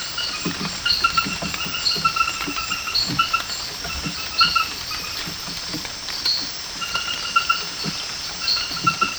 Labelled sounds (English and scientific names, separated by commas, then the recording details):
none
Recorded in secondary vegetation near Puerto Asís, Putumayo, Colombia, on 13 March 2025 at 22:30
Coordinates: 0.498, -76.327
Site G001